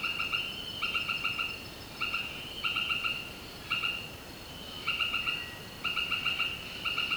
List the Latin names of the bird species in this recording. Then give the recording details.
none. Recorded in secondary vegetation near Puerto Asís, Putumayo, Colombia, on 18 February 2024 at 18:00. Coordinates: 0.472, -76.331. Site G6371